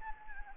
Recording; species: mosquito wingbeat signal from an infrared sensor; Anopheles arabiensis